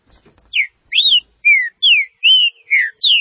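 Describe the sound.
Green-winged saltator, a short run of seven clear whistles, arched and downslurred.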